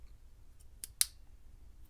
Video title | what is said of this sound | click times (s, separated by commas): SIG Sauer P365 COMPLETE disassembly. Part 1 of 2 | and then slide it up as i slide it up it'll click in place which is locking it in place | 1.0 s